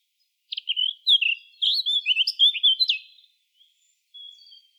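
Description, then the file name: Eurasian blackcap song: a rich phrase of fluty, warbling notes lasting about three seconds, followed by a brief quiet pause and a faint, thin tail. "Sylvia atricapilla"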